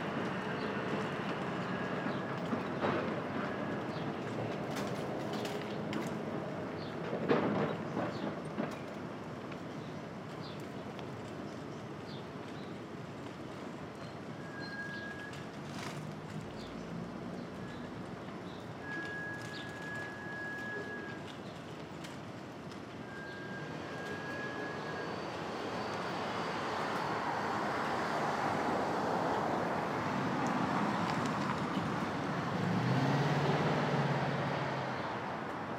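A Brooklyn dawn: a steady low rumble of city traffic, with a few sharp knocks around seven seconds and thin whistled bird notes between fifteen and twenty-five seconds. Near the end a train grows louder, rolling and rattling through the final ten seconds.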